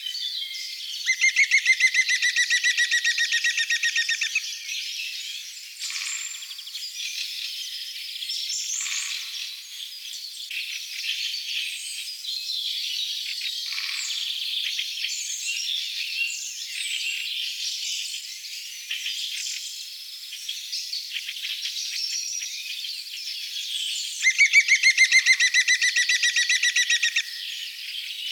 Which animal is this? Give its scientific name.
Picus viridis